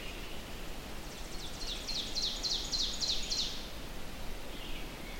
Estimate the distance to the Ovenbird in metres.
about 60 m